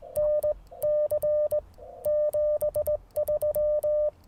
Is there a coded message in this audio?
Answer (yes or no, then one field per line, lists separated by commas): yes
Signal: Morse code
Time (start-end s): 0.2-4.1 s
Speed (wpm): 18 wpm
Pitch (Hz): 600 Hz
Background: none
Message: NC 73